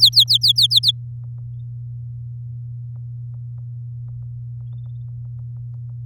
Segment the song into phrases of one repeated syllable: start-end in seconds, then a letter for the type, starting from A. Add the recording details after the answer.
0.00-0.67 A, 0.70-0.91 B. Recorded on 7 May 2018 at 06:38. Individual llb16